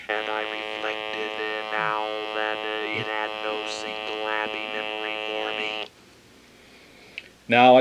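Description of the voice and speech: A passage is read in a flat, buzzy, robotic voice whose pitch never changes, with a steady mechanical hum running through the pauses. This is electrolarynx speech, with the device held against the throat. After a short silence, a natural voice briefly begins.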